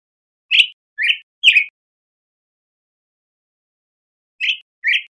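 Black-headed grosbeak giving three short sharp notes, a long quiet gap, then two more similar notes.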